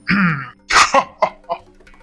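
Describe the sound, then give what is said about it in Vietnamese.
A man clears his throat with a drawn-out, voiced rasp, followed by a few short, gruff bursts trailing off, fairly loud with no talking. “Trương Chấn Hổ ra vẻ ái ngại, rồi lại hắn giọng cười to, ánh mắt vô cùng tán thưởng.”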